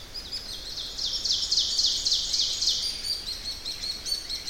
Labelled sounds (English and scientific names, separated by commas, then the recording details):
Ovenbird (Seiurus aurocapilla) song
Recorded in boreal forest in Alberta, Canada, on 10 June 2016 at 08:56
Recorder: SongMeter 3, array SBT-3-39
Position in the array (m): 212 m, 176 m
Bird 17